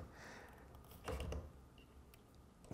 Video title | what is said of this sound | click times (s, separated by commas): iFootage Mini crane | and then it clicks in place it locks | 1.1 s